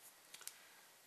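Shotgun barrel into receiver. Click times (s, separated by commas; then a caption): 0.5 s. The barrel of a Mossberg 500 Hushpower .410 pump-action shotgun is slid gently, steel on steel, into the breach of the receiver, and once the rib is lined up it locates and locks in place. A small metallic click sounds at 0.5 s, after faint ticks around 0.3 and 0.4 s, with another light tick at 1.1 s. The barrel is seated and locked in the receiver.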